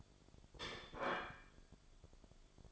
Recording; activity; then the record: daily activity, microphone in the room; place plate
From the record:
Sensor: 5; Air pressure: 1004.5 hPa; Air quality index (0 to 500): 172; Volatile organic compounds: 4 ppm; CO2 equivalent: 1614 ppm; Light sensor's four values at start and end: 17/40/16/15 and 17/40/16/15